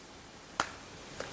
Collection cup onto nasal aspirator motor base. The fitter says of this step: and twist it 1 centimeter, you should feel it and hear it click into place.